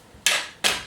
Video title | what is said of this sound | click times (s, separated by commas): Kenwood KMix Stand Mixer Review | like so, and locks into place. | 0.3 s